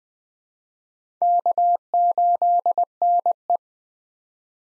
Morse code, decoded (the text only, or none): K8NE